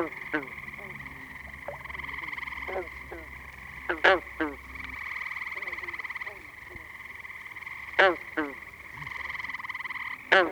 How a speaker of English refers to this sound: Green frog chorus is now starting.